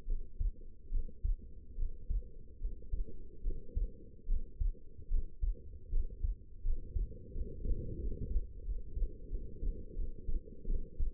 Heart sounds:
heart sounds by stethoscope; 79 bpm
0.06 s: heartbeat
0.90 s: heartbeat
1.76 s: heartbeat
2.59 s: heartbeat
3.42 s: heartbeat
4.26 s: heartbeat
5.09 s: heartbeat
5.90 s: heartbeat
6.63 s: heartbeat
7.32 s: heartbeat
7.99 s: heartbeat
8.64 s: heartbeat
9.29 s: heartbeat
9.95 s: heartbeat
10.66 s: heartbeat
From the record:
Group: healthy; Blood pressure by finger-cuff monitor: 93/62 mmHg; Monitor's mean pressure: 71 mmHg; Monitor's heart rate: 73 bpm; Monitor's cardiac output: 5.6 L/min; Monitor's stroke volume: 76 mL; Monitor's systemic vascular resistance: 920 dyn s/cm5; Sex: female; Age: 19 years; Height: 163 cm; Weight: 51 kg

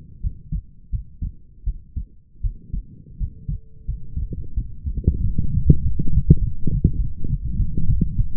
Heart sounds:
heart sounds by stethoscope; 91 bpm
0.21 s: heartbeat
0.90 s: heartbeat
1.64 s: heartbeat
2.41 s: heartbeat
3.17 s: heartbeat
3.85 s: heartbeat
4.54 s: heartbeat
5.21 s: heartbeat
5.81 s: heartbeat
6.39 s: heartbeat
6.96 s: heartbeat
7.57 s: heartbeat
8.16 s: heartbeat
From the record:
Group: healthy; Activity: light exercise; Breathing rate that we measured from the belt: 24 breaths a minute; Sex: female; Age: 19 years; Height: 163 cm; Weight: 48.9 kg

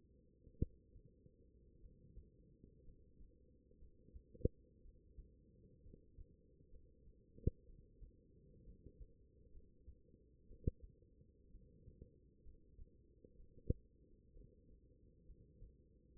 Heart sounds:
heart sounds by stethoscope; 62 bpm
0.59 s: heartbeat
1.80 s: heartbeat
2.83 s: heartbeat
3.78 s: heartbeat
4.81 s: heartbeat
5.81 s: heartbeat
6.69 s: heartbeat
7.66 s: heartbeat
8.64 s: heartbeat
9.51 s: heartbeat
10.47 s: heartbeat
11.50 s: heartbeat
12.42 s: heartbeat
13.36 s: heartbeat
14.32 s: heartbeat
15.25 s: heartbeat
16.12 s: heartbeat
From the record:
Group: healthy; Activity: rest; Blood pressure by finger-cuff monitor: 112/72 mmHg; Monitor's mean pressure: 88 mmHg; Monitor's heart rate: 61 bpm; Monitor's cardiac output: 6.1 L/min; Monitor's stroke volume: 98 mL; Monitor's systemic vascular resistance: 1080 dyn s/cm5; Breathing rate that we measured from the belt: 18 breaths a minute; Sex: female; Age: 23 years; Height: 160 cm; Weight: 50.4 kg

